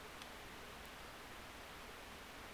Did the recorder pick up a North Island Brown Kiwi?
no